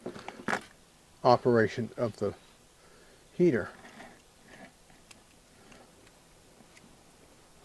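A controller display's cable connector is handled next to a diesel heater's wiring harness, ready to be plugged in. Someone talks while faint plastic handling ticks sound around 0.3, 0.5 and 5.1 seconds. The connector has not seated or clicked in yet.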